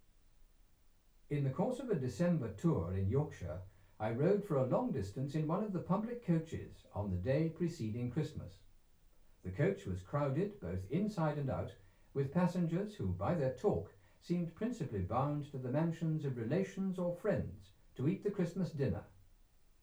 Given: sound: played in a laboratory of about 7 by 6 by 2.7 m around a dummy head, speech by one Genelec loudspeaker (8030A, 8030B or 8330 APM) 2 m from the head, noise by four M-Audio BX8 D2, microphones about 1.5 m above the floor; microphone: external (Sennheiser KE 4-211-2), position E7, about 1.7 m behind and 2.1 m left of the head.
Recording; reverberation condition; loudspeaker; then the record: male speech in English; low; 90 degrees to the left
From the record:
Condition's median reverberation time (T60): about 310 ms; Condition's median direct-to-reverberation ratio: about 3.5 dB